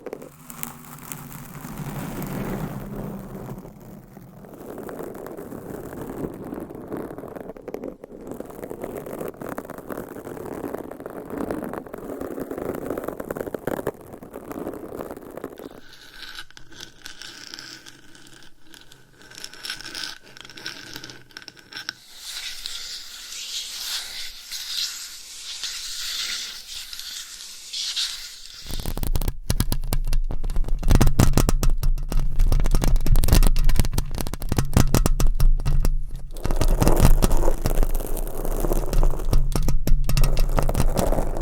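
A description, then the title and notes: Dense scratching against a microphone, a steady rasping with quick irregular strokes. The tone shifts at about 16 and 29 seconds as if switching mics: first low and full, then thin and bright, then louder and harsher, with rapid crackling scrapes. ASMR Mic Scratching - Brain Scratching with 20 MICS No Talking for Sleep with Long Nails.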